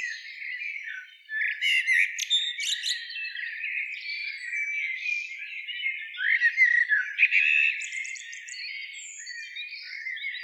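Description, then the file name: Common blackbird giving an unbroken flow of squeaky twitters and chirps, with two louder stretches of rapid notes around two and seven seconds. "Turdus merula"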